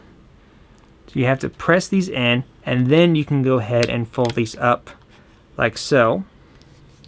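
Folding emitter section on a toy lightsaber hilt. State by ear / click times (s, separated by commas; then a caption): not seated / none. Someone talks while pressing in the release buttons and starting to fold up the hinged plastic/metal emitter sections of a Star Wars Galaxy's Edge Jedi Temple Guard Limited Edition toy lightsaber hilt. Only faint handling ticks are heard at about 6.6 s and 7.0 s after the talking stops. Nothing has locked or clicked yet.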